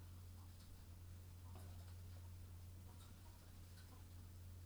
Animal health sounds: poultry house recording; sick chickens (respiratory disease)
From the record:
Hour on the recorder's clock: 21

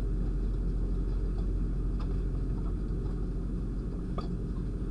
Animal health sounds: poultry house recording; no chicken sound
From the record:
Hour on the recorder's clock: 3

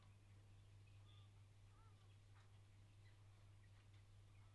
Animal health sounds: poultry house recording; sick chickens (respiratory disease)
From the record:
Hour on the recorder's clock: 7

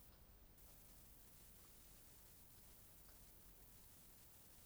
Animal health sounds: poultry house recording; no chicken sound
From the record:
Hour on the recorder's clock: 21

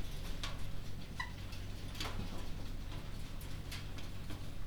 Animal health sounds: poultry house recording; healthy chickens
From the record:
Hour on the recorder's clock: 23

